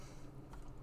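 A second small plastic part is squeezed by hand into its mount on the hull of an Agora Models 1/16 scale Leopard 2A6 Main Battle Tank partwork model from pack 4. Over a low background hum, a single short, sharp click sounds at 0.5 s. The part seats firmly in place without any glue.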